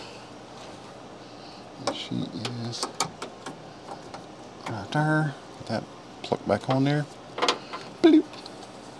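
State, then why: Not seated. An electrical plug is handled while being pushed back onto the window regulator motor connector during fitting of the driver's-side window regulator on a bus. Someone talks over short knocks and rattles of handling. Nothing has seated or clicked yet.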